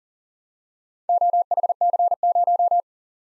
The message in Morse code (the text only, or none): OHC0